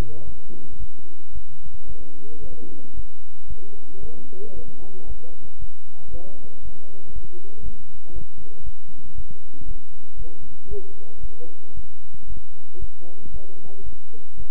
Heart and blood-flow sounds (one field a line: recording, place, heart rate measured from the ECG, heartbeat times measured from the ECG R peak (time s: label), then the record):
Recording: heart sounds by stethoscope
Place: between the tricuspid and mitral areas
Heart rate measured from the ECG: 115 bpm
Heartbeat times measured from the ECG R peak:
0.25 s: heartbeat
0.79 s: heartbeat
1.33 s: heartbeat
1.87 s: heartbeat
2.41 s: heartbeat
2.95 s: heartbeat
3.48 s: heartbeat
4.01 s: heartbeat
4.54 s: heartbeat
5.07 s: heartbeat
5.59 s: heartbeat
6.11 s: heartbeat
6.63 s: heartbeat
7.13 s: heartbeat
7.63 s: heartbeat
8.14 s: heartbeat
8.64 s: heartbeat
9.16 s: heartbeat
9.66 s: heartbeat
10.17 s: heartbeat
10.69 s: heartbeat
11.21 s: heartbeat
11.75 s: heartbeat
12.27 s: heartbeat
12.79 s: heartbeat
13.32 s: heartbeat
13.84 s: heartbeat
14.37 s: heartbeat
From the record:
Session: bicycle stress test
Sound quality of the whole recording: good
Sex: male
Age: 23 years